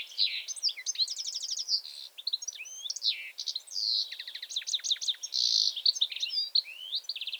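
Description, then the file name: Continuous European goldfinch song, a hurried jumble of tinkling chirps, rolling trills and a nasal buzzy note, all high-pitched and almost without pause. "Carduelis carduelis"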